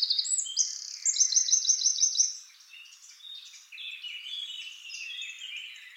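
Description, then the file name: Eurasian wren song opening with a loud, rattling, very high trill and clear notes, then fading into faint, jumbled twitters. "Troglodytes troglodytes"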